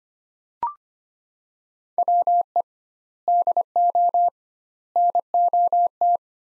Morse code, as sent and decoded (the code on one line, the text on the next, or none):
.-- . / -.. --- / -. --- -
WE DO NOT